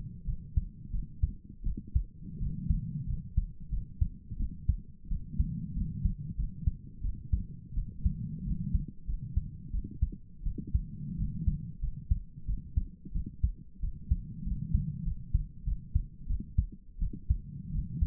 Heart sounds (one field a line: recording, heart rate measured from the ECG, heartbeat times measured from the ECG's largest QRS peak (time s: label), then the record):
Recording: heart sounds by stethoscope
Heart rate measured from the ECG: 89 bpm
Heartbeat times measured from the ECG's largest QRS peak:
0.26 s: heartbeat
0.92 s: heartbeat
1.64 s: heartbeat
2.39 s: heartbeat
3.07 s: heartbeat
3.71 s: heartbeat
4.38 s: heartbeat
5.09 s: heartbeat
5.75 s: heartbeat
6.37 s: heartbeat
7.02 s: heartbeat
7.75 s: heartbeat
8.44 s: heartbeat
9.07 s: heartbeat
9.72 s: heartbeat
10.44 s: heartbeat
11.17 s: heartbeat
11.81 s: heartbeat
12.47 s: heartbeat
13.13 s: heartbeat
13.81 s: heartbeat
14.45 s: heartbeat
15.05 s: heartbeat
15.65 s: heartbeat
16.28 s: heartbeat
17.00 s: heartbeat
17.72 s: heartbeat
From the record:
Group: healthy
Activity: rest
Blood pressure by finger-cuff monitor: 130/63 mmHg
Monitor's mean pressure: 84 mmHg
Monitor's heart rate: 91 bpm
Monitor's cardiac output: 8.6 L/min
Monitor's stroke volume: 97 mL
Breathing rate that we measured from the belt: 20 breaths a minute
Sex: female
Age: 22 years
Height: 160 cm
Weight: 63 kg